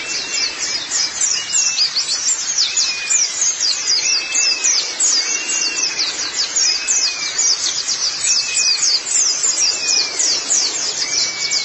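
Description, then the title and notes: White-eye twittering, dense and high, while a lower short arched whistle repeats regularly underneath. "Kicauan Burung Pleci Durasi Panjang. Suara kicauan burung pleci"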